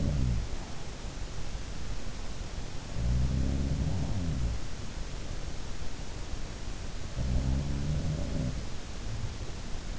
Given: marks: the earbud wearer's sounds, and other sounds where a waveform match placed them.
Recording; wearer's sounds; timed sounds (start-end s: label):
sounds in sleep by an in-ear microphone; breath
0.00-1.29 s: breath
2.74-4.74 s: sound from someone else or the room
3.63-4.74 s: breath
6.96-9.45 s: sound from someone else or the room